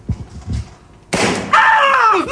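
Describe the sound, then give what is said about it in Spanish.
A CO2 gas pistol, a real firearm with its barrel replaced by a shot-simulating device and a carbon dioxide magazine, fires at a virtual shooting range: a sudden loud pop bursts into a sustained, bright hiss of escaping gas, joined by a high ringing whine, after a few soft low thumps. “Después tenemos otras posibilidades que son armas reales, que lo que se hace es cambiar el cañón por un dispositivo que va a simular el disparo.”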